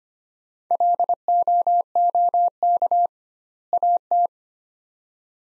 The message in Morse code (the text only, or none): LOOK AT